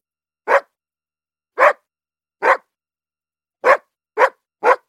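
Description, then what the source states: Dog giving six deep, single barks. The first three are spaced about a second apart, then three come in quicker succession, with silence between them. Large dog barking.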